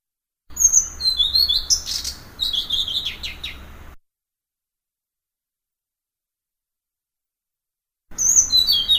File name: kicau sikatan blue throated. omkicau